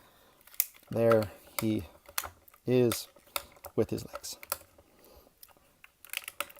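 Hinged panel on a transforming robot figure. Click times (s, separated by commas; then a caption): 0.6 s. A plastic piece on a swivel hinge of a Transformers Masterpiece MP-36 Megatron robot figure is folded up until it locks into place, giving a sharp snap at 0.6 s. Someone then talks, with a few light plastic clicks and taps near the end.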